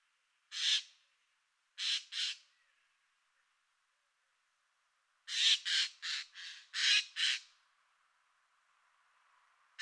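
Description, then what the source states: Eurasian jay screeching: three single rasping calls, then a rapid run of six harsh squawks, another call starting at the end. Recorded 30 September 2022.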